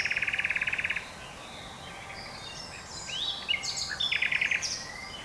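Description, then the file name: Common nightingale song: a fast rattling trill of repeated notes, a pause, then varied whistles and another quick repeated series. "Luscinia megarhynchos"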